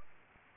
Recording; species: mosquito wingbeat signal from an infrared sensor; Aedes aegypti